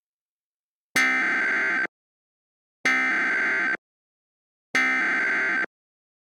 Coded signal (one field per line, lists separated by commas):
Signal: Emergency Alert System (SAME) tones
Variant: header bursts